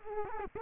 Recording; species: mosquito wingbeat signal from an infrared sensor; Culex quinquefasciatus